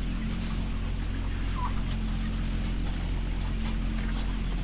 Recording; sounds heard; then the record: poultry house recording; sick chickens (respiratory disease)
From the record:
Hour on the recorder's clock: 21